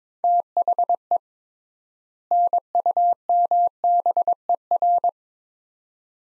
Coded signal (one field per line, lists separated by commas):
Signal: Morse code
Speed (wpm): 22 wpm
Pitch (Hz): 700 Hz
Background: none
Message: THE NUMBER